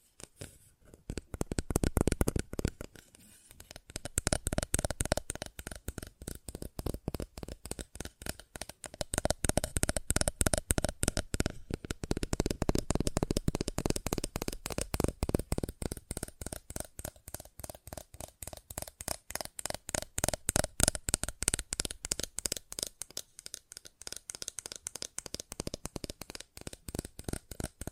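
Fast tapping runs nearly the whole time, a dense stream of sharp, crisp hits in quick, fairly regular succession. The rhythm thins briefly around 3 and 23 seconds before picking back up, and the loudness rises and falls in waves.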